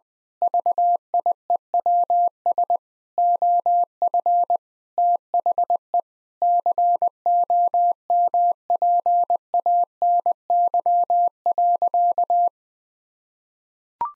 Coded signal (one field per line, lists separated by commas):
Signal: Morse code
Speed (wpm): 20 wpm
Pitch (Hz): 700 Hz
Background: none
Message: VIEWS OF THE COMPANY.